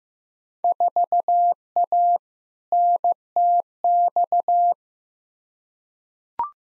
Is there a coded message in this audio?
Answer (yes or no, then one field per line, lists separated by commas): yes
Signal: Morse code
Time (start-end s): 0.6-4.7 s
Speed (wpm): 15 wpm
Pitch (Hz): 700 Hz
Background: none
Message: 4A NTX